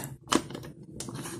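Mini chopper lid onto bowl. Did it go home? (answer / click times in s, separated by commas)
no / none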